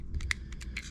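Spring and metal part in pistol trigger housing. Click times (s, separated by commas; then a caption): 0.3 s. The stainless steel back end of a spring assembly is pushed while pressure is held on top, working the spring and metal part back into the trigger housing of a Ruger LCP II 22LR pistol during a firing pin, trigger and hammer spring upgrade. Several small metallic ticks and scrapes sound, with one sharp, bright click at 0.3 s as the assembly snaps back into the housing. Everything ends up seated.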